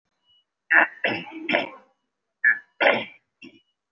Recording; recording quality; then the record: shallow voluntary cough; excellent, no background noise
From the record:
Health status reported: recovered from COVID-19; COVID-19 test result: positive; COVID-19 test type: RT-PCR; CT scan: taken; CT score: 0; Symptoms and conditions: cough, cold, breathing difficulty, fatigue, muscle pain, asthma, chronic lung disease, pneumonia, another respiratory illness, hypertension, another condition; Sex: male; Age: 54 years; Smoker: yes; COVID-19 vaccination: both doses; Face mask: worn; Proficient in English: no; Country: India